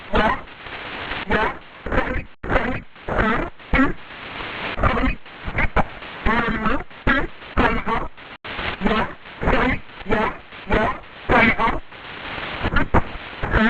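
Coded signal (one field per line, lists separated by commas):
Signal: numbers station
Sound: short spoken words at a steady rhythm, about one per second, through radio hiss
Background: radio static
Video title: 5411kHz 7/26/26 20:00:00 UTC Possible G12 Number Station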